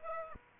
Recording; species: mosquito wingbeat signal from an infrared sensor; Aedes aegypti